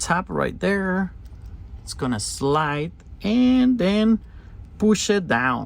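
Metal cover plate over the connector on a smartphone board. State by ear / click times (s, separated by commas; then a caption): not seated / none. During a Google Pixel 6a broken screen glass repair, a small metal cover plate over the connector on the phone's board is being slid in at the top and pushed down. Someone talks throughout over a low steady background hum. The plate has not seated or clicked into place yet.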